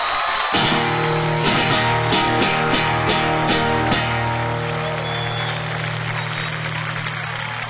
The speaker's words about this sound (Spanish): Y un fuerte aplauso en trompeta al señor …. Nada más que decir, fuerte aplauso.